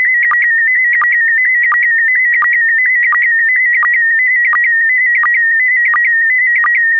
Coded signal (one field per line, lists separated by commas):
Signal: SSTV (slow-scan television)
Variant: PD 90